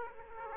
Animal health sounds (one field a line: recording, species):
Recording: mosquito wingbeat signal from an infrared sensor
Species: Aedes aegypti